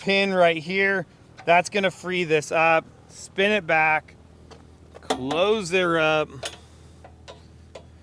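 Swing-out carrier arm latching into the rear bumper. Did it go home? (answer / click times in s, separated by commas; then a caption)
yes / 7.8 s. On a Ford Econoline van, a pin is pulled and the swing-out carrier arm of a steel dual swing rear bumper is swung back closed and pushed home while someone talks. A sharp metallic hit at 7.8 s is the arm's latch locking into place in the rear bumper.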